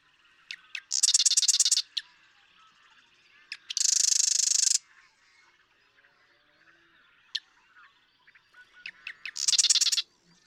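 Marsh Wren song: three bursts of loud, grating, machine-like rattling, each introduced by a few dry ticks, with pauses between them.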